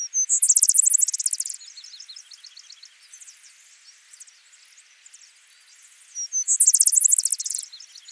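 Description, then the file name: Vesper sparrow singing a pair of songs roughly six seconds apart, each opening with soft slurred whistles and running into a fast, high, shimmering trill; faint twittering fills the gap. "Pooecetes gramineus - Vesper Sparrow"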